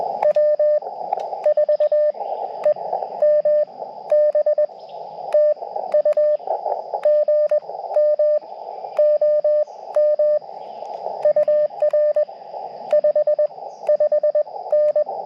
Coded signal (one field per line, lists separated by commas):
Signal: Morse code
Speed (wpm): 20 wpm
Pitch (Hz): 590 Hz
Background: radio noise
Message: W4EMB TU GM OM UR 55N